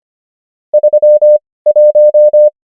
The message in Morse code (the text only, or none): 31